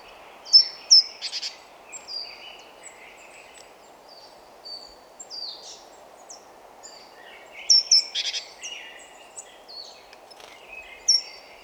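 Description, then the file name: Great tit giving scattered thin chirps and short whistles, broken by two rapid, buzzy churring bursts, one early and one later, with a steady low hiss behind. "Parus major"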